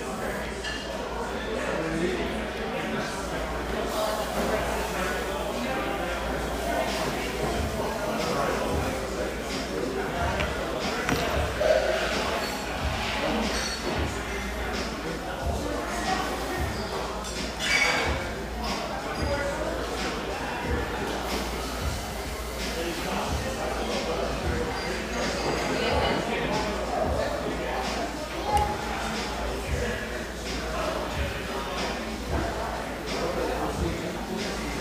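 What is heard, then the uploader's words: A coffeehouse in Laguna Beach during a mid-morning lull, filled with overlapping conversation that holds at a steady, moderate level. Short knocks and clatters, like cups or dishes set down, punctuate the chatter throughout, with a sharper clunk near 12 and 18 seconds. Laguna Beach, California. The coffee rush fades to a mid-morning lull in this sunlight coffeehouse, tucked behind a bakery near this coastal California paradise.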